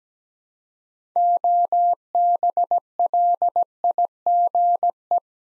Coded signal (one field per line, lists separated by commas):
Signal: Morse code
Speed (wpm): 17 wpm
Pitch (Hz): 700 Hz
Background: none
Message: OBLIGE